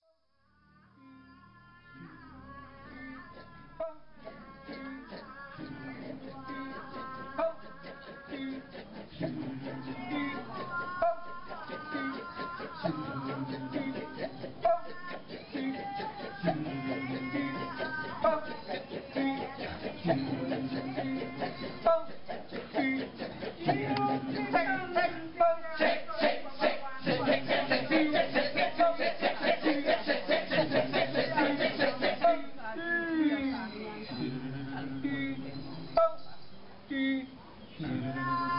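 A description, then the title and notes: Kecak monkey chant performance in Bali: a dense chorus of male voices chanting rapid, rhythmic syllables, swelling louder and more frantic after twenty-five seconds. A performance of the Kecak (Ramayana Monkey Chant) in Ubud, on the island of Bali, Indonesia.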